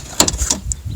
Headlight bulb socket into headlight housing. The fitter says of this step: that it's vertical up and down and we'll click into place now if you need to change that